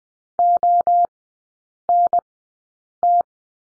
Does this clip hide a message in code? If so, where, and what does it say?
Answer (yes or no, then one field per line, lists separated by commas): yes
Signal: Morse code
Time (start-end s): 0.4-3.2 s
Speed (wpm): 20 wpm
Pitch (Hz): 700 Hz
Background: none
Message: ONT